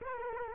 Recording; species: mosquito wingbeat signal from an infrared sensor; Aedes aegypti